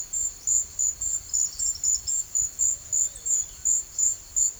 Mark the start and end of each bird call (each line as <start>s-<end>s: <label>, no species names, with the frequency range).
1.28s-2.13s: bird call (4.4-5.9 kHz)